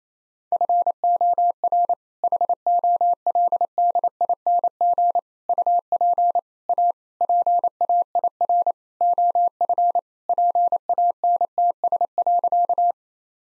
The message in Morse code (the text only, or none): FOR HOLDING UP A PAIR OF PANTS.